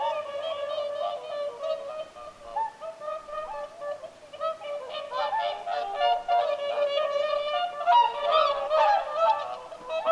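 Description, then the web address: Whooper swans trumpeting together, dense overlapping harmonic honks, busier and louder toward the end. Whooper swans calling at Lintulahti, 6 November 2025. "paivat 6 11 2025 laulujoutsenten aantelya lintulahdella"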